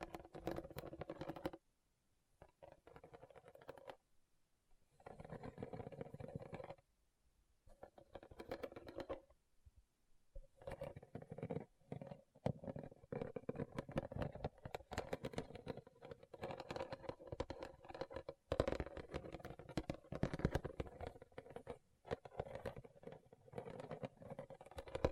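Tapping and scratching on rhinestones makes a dense, gritty crackle of quick small clicks and scrapes. Short silent gaps break it up in the first ten seconds, around 2, 5, 7 and 9 seconds, then the scratching runs almost continuously, growing busier toward the end.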